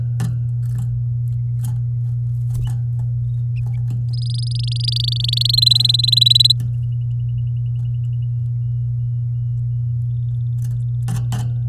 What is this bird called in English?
Domestic Canary